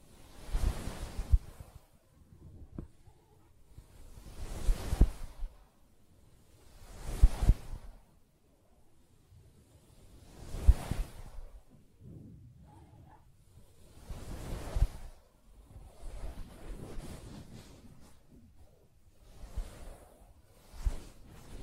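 Soft scratching strokes on a fabric surface rise and fade in slow, even swells, one every two to three seconds, each a hissy rush that brightens at its peak. Faint light taps sit among the strokes, with quiet gaps between swells.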